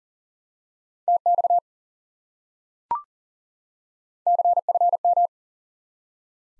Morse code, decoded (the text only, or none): TX CFM